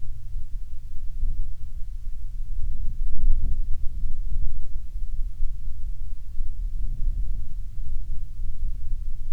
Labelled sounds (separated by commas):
wind